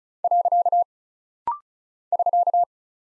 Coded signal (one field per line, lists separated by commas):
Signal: Morse code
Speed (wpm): 36 wpm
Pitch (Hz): 700 Hz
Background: none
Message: . <SK>